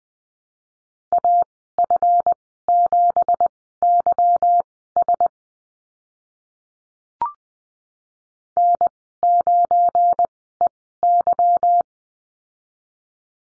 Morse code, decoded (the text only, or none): AF7YS N9EY